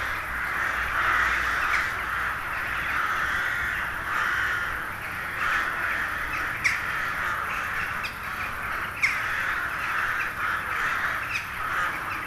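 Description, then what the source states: Crows in a large noisy chorus, harsh caws overlapping constantly, with a few sharper louder calls standing out now and then. Hundreds of crows settling to roost for the night in a poplar wood at Neuflize, in winter at nightfall.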